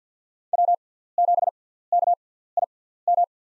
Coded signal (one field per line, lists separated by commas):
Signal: Morse code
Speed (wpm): 45 wpm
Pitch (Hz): 700 Hz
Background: none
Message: W7KIM